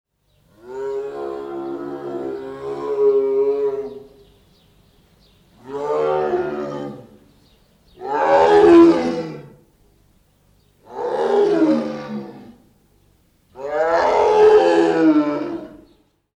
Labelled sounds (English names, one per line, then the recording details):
Tiger
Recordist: Tembrock, Günter
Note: Langlaute eines Männchens